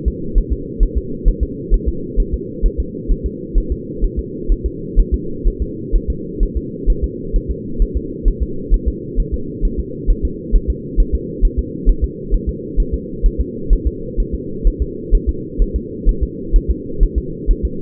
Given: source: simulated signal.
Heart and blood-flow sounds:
fetal heart sounds
0.08 s: S2
0.38 s: S1
0.53 s: S2
0.83 s: S1
0.97 s: S2
1.28 s: S1
1.43 s: S2
1.74 s: S1
1.88 s: S2
2.20 s: S1
2.34 s: S2
2.66 s: S1
2.80 s: S2
3.12 s: S1
3.26 s: S2
3.58 s: S1
3.72 s: S2
4.04 s: S1
4.19 s: S2
4.52 s: S1
4.66 s: S2
5.00 s: S1
5.14 s: S2
5.48 s: S1
5.62 s: S2
5.95 s: S1
6.10 s: S2
6.43 s: S1
6.57 s: S2
6.90 s: S1
7.04 s: S2
7.36 s: S1
7.51 s: S2
7.82 s: S1
7.97 s: S2
8.28 s: S1
8.42 s: S2
8.74 s: S1
8.88 s: S2
9.20 s: S1
9.34 s: S2
9.65 s: S1
9.80 s: S2
10.10 s: S1
10.25 s: S2
10.56 s: S1
10.70 s: S2
11.00 s: S1
11.15 s: S2
11.45 s: S1
11.59 s: S2
11.89 s: S1
12.04 s: S2
12.34 s: S1
12.49 s: S2
12.80 s: S1
12.94 s: S2
13.26 s: S1
13.41 s: S2
13.73 s: S1
13.87 s: S2
14.20 s: S1
14.34 s: S2
14.67 s: S1
14.82 s: S2
15.15 s: S1
15.29 s: S2
15.62 s: S1
15.76 s: S2
16.09 s: S1
16.23 s: S2
16.56 s: S1
16.70 s: S2
17.03 s: S1
17.18 s: S2
17.51 s: S1
17.65 s: S2
From the record:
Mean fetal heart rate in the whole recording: 130 bpm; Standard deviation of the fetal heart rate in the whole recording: 2 bpm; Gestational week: 38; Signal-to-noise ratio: -4.3 dB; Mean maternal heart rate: 72 bpm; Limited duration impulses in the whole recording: absent

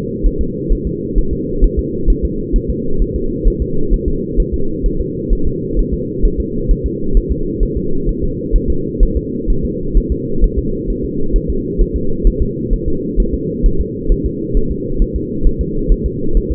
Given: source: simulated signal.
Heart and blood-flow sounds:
fetal heart sounds
0.27 s: S1
0.41 s: S2
0.73 s: S1
0.87 s: S2
1.19 s: S1
1.33 s: S2
1.64 s: S1
1.79 s: S2
2.10 s: S1
2.25 s: S2
2.56 s: S1
2.70 s: S2
3.02 s: S1
3.16 s: S2
3.48 s: S1
3.62 s: S2
3.94 s: S1
4.08 s: S2
4.40 s: S1
4.54 s: S2
4.86 s: S1
5.01 s: S2
5.33 s: S1
5.47 s: S2
5.79 s: S1
5.94 s: S2
6.25 s: S1
6.40 s: S2
6.71 s: S1
6.86 s: S2
7.17 s: S1
7.32 s: S2
7.63 s: S1
7.77 s: S2
8.09 s: S1
8.23 s: S2
8.56 s: S1
8.70 s: S2
9.03 s: S1
9.17 s: S2
9.50 s: S1
9.65 s: S2
9.98 s: S1
10.12 s: S2
10.44 s: S1
10.59 s: S2
10.90 s: S1
11.05 s: S2
11.36 s: S1
11.50 s: S2
11.81 s: S1
11.96 s: S2
12.27 s: S1
12.42 s: S2
12.73 s: S1
12.88 s: S2
13.20 s: S1
13.34 s: S2
13.66 s: S1
13.80 s: S2
14.12 s: S1
14.26 s: S2
14.57 s: S1
14.72 s: S2
15.02 s: S1
15.16 s: S2
15.47 s: S1
15.61 s: S2
15.92 s: S1
16.06 s: S2
16.37 s: S1
16.52 s: S2
From the record:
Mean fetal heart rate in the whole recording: 130 bpm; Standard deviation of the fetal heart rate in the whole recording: 2 bpm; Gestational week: 38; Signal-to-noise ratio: -8.1 dB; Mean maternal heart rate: 72 bpm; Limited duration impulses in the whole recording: absent

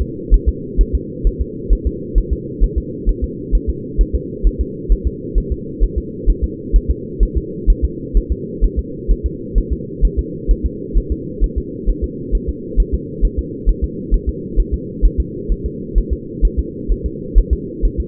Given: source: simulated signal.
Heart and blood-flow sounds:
fetal heart sounds
0.01 s: S2
0.34 s: S1
0.49 s: S2
0.81 s: S1
0.95 s: S2
1.27 s: S1
1.41 s: S2
1.73 s: S1
1.87 s: S2
2.18 s: S1
2.33 s: S2
2.63 s: S1
2.78 s: S2
3.09 s: S1
3.24 s: S2
3.55 s: S1
3.69 s: S2
4.01 s: S1
4.15 s: S2
4.47 s: S1
4.61 s: S2
4.92 s: S1
5.07 s: S2
5.38 s: S1
5.52 s: S2
5.83 s: S1
5.98 s: S2
6.29 s: S1
6.44 s: S2
6.76 s: S1
6.91 s: S2
7.23 s: S1
7.37 s: S2
7.70 s: S1
7.84 s: S2
8.17 s: S1
8.32 s: S2
8.64 s: S1
8.79 s: S2
9.11 s: S1
9.26 s: S2
9.58 s: S1
9.73 s: S2
10.05 s: S1
10.19 s: S2
10.51 s: S1
10.66 s: S2
10.97 s: S1
11.12 s: S2
11.44 s: S1
11.58 s: S2
11.89 s: S1
12.04 s: S2
12.35 s: S1
12.49 s: S2
12.80 s: S1
12.94 s: S2
13.25 s: S1
13.39 s: S2
13.69 s: S1
13.84 s: S2
14.14 s: S1
14.29 s: S2
14.59 s: S1
14.74 s: S2
15.05 s: S1
15.20 s: S2
15.52 s: S1
15.66 s: S2
15.98 s: S1
16.13 s: S2
16.45 s: S1
16.59 s: S2
16.91 s: S1
17.06 s: S2
17.38 s: S1
17.53 s: S2
17.85 s: S1
18.00 s: S2
From the record:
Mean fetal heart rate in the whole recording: 130 bpm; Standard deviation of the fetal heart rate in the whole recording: 2 bpm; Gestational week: 36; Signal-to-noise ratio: -4.1 dB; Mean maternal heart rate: no maternal heart sound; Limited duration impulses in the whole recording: absent

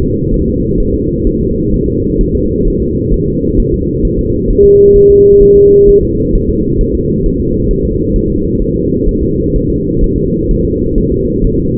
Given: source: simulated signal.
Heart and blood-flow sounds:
fetal heart sounds
0.02 s: S2
0.34 s: S1
0.48 s: S2
0.80 s: S1
0.94 s: S2
1.27 s: S1
1.41 s: S2
1.74 s: S1
1.88 s: S2
2.21 s: S1
2.35 s: S2
2.68 s: S1
2.82 s: S2
3.14 s: S1
3.28 s: S2
3.60 s: S1
3.74 s: S2
4.05 s: S1
4.19 s: S2
4.50 s: S1
4.64 s: S2
4.96 s: S1
5.10 s: S2
5.42 s: S1
5.57 s: S2
5.89 s: S1
6.03 s: S2
6.35 s: S1
6.49 s: S2
6.81 s: S1
6.95 s: S2
7.26 s: S1
7.40 s: S2
7.71 s: S1
7.85 s: S2
8.16 s: S1
8.30 s: S2
8.62 s: S1
8.76 s: S2
9.09 s: S1
9.23 s: S2
9.56 s: S1
9.70 s: S2
10.04 s: S1
10.18 s: S2
10.51 s: S1
10.65 s: S2
10.98 s: S1
11.12 s: S2
11.44 s: S1
11.59 s: S2
From the record:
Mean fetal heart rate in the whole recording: 130 bpm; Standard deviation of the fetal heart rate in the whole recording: 4 bpm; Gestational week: 38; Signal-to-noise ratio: -10.2 dB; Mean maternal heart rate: 72 bpm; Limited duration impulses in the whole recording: present

